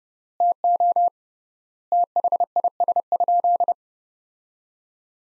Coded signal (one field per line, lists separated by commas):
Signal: Morse code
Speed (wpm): 32 wpm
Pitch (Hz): 700 Hz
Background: none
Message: TO THIS?